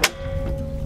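A snow-blower attachment module, fitted onto a robot's base chassis after the smart assistance module is taken off and its cable unplugged, latches with one sharp click at 0.0 s. Music with a steady tone plays underneath for the rest of the clip. The module is seated.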